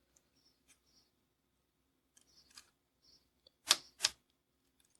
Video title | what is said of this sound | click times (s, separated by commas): All In One Troubleshooting, Repair and Upgrade | once it's in all the way you can just push down until it clicks that was easy now | 3.7 s, 4.0 s